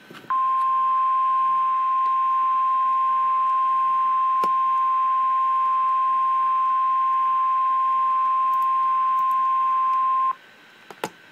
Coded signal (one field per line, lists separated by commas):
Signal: Emergency Alert System (SAME) tones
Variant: 1050 Hz attention tone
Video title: REAL EAS 422-Severe thunderstorm warning